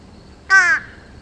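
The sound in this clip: Fish crow giving a single short nasal caw, slightly falling, over a faint steady background hum.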